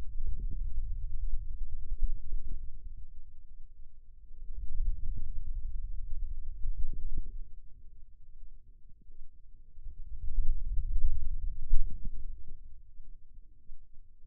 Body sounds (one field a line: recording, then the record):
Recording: forearm muscle sounds (acoustic myography)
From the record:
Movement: hand closing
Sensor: system 2, bracelet of six BSWA MPA416 microphones around the upper forearm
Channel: 1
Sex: male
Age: 22 years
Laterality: right